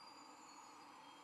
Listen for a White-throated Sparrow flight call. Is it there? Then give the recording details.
no. No flight call is heard. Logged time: 09:08 on 10 November 2014